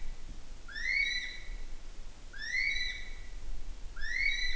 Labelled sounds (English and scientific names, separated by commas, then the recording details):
North Island Brown Kiwi (Apteryx mantelli) male call
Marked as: faintness 1/5
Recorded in New Zealand on 9 June 2014
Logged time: 02:19